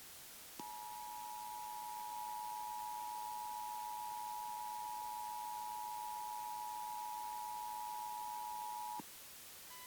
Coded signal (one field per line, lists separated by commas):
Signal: Emergency Alert System (SAME) tones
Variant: 853 and 960 Hz attention tone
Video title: EAS Scenario - When Production goes Wrong...